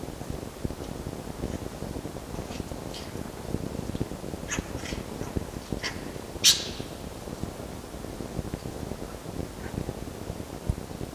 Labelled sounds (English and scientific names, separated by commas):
Red Fox (Vulpes vulpes)